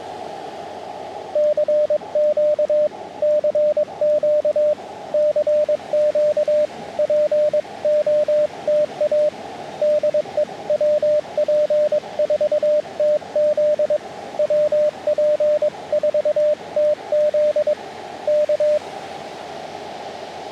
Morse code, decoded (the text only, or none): CQ CQ CQ POTA DE WP4TZ WP4TZ K